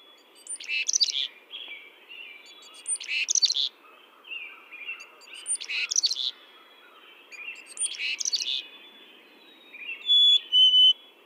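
Chickadee buzzy chick-a-dee calls, harsh scratchy bursts given in four runs about every two and a half seconds, ending with a clear two-note whistle.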